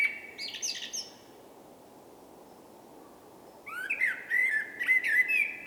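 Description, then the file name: Common blackbird song: a fluty whistled phrase, then a pause, then a longer warbling run of mellow notes, over steady background hiss. "Turdus merula"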